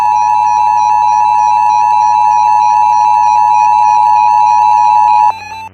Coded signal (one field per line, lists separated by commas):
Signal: Emergency Alert System (SAME) tones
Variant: 853 and 960 Hz attention tone